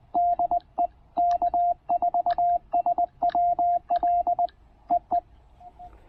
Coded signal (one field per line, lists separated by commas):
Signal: Morse code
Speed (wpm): 20 wpm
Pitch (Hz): 690 Hz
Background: radio noise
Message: DE K4SWL EE